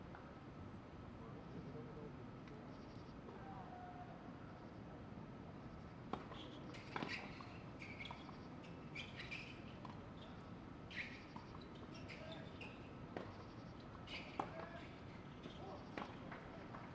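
Crickets chirp faintly over a steady low rumble while people quietly chat throughout. Sharp knocks and pops from the tennis match land irregularly, with a cluster around seven seconds and others near eleven, thirteen and fourteen seconds.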